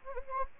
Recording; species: mosquito wingbeat signal from an infrared sensor; Anopheles gambiae